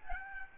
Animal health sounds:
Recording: mosquito wingbeat signal from an infrared sensor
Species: Aedes albopictus

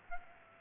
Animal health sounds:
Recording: mosquito wingbeat signal from an infrared sensor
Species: Aedes aegypti

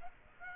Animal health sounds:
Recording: mosquito wingbeat signal from an infrared sensor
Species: Aedes aegypti

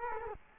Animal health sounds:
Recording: mosquito wingbeat signal from an infrared sensor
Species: Culex quinquefasciatus

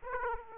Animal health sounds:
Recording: mosquito wingbeat signal from an infrared sensor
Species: Aedes aegypti

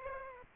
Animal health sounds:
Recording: mosquito wingbeat signal from an infrared sensor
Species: Aedes aegypti

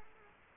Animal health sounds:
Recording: mosquito wingbeat signal from an infrared sensor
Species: Culex quinquefasciatus

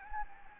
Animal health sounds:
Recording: mosquito wingbeat signal from an infrared sensor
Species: Anopheles gambiae

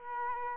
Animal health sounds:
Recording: mosquito wingbeat signal from an infrared sensor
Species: Aedes aegypti

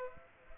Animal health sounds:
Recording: mosquito wingbeat signal from an infrared sensor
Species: Aedes aegypti

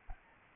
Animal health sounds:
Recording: mosquito wingbeat signal from an infrared sensor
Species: Aedes albopictus

